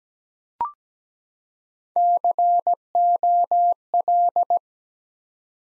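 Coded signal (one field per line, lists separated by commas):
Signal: Morse code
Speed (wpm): 17 wpm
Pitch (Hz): 700 Hz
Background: none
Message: COL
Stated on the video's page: Morse practice drill at 17 wpm building 9-letter words three letters at a time, for instant character recognition.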